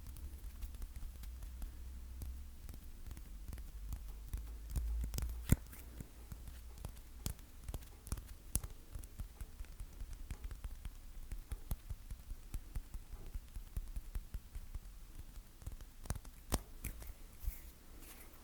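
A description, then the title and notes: Sticky tapping: quick, irregular taps and small clicks run throughout, thin and crackly, with a few sharper snaps near five seconds and between sixteen and eighteen seconds. A steady low hum sits underneath the whole time. ASMR Sticky Tapping.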